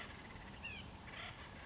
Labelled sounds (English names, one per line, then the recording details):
Acorn Woodpecker
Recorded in Sonoma County, California